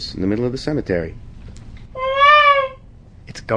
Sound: peacock cry